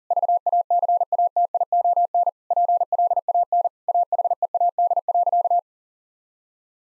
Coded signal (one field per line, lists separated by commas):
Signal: Morse code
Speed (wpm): 40 wpm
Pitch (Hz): 700 Hz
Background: none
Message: VACATION PLAN AHEAD.